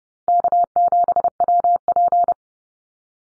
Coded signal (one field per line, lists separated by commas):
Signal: Morse code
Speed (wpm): 30 wpm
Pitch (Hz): 700 Hz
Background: none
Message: K7WP